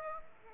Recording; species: mosquito wingbeat signal from an infrared sensor; Aedes aegypti